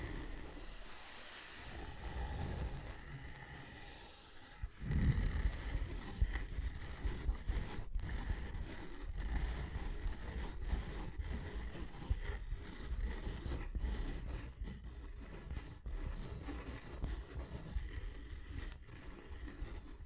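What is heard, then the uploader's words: Continuous dense scratching with a heavy low rumble, growing louder around five seconds, broken by frequent brief taps and short dropouts throughout. Tapping and Scratching (No Talking).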